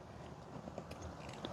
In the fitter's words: Oh, yeah. There you go. Hear it pop.